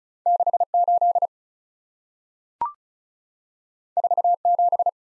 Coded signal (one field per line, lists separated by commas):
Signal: Morse code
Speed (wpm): 36 wpm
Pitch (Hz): 700 Hz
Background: none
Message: 68 47